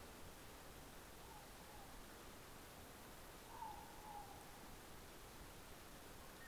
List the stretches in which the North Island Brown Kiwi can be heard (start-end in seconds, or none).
none